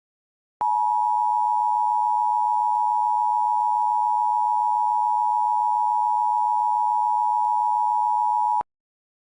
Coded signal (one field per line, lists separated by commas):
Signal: Emergency Alert System (SAME) tones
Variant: 853 and 960 Hz attention tone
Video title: EAS Scenario - Fast and Furry-ous (A "Looney Tunes" Scenario)